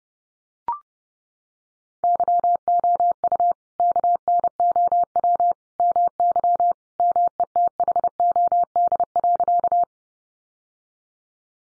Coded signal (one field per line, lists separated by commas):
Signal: Morse code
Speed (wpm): 30 wpm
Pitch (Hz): 700 Hz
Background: none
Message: YOU KNOW MY METHOD.